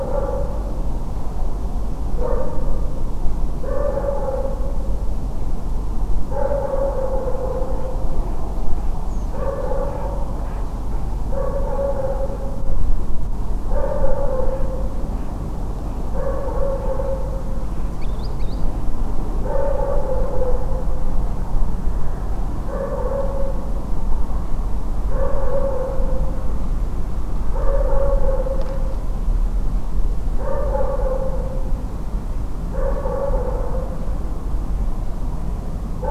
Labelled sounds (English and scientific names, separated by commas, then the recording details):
Redwing (Turdus iliacus), Green Sandpiper (Tringa ochropus)
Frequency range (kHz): Redwing (Turdus iliacus) 5.7-7.0 kHz; Green Sandpiper (Tringa ochropus) 1.9-5.1 kHz
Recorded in France